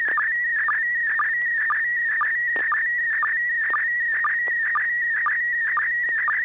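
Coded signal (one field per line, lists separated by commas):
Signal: SSTV (slow-scan television)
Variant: PD120 mode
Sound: warbling high tone with steady rhythmic chirping ticks about twice a second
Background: low hum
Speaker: ai 60g you're the first one i heard would you uh are you ready to send an image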